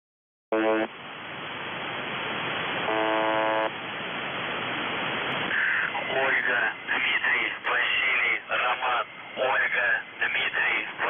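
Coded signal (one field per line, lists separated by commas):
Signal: coded military voice message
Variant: UVB-76, Russian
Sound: radio hiss, two short low buzzes, then a voice reading words through static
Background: radio static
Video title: The Buzzer/UVB-76 Voice Message February 15, 2021 13:22 UTC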